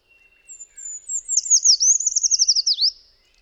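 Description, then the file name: Eurasian treecreeper song, one very high phrase of thin lead-in notes running into a quick, slightly descending trill with a final dip; faint other high calls behind. "Pelzacz lesny"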